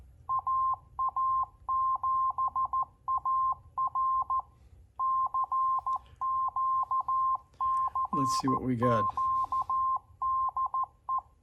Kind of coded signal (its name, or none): Morse code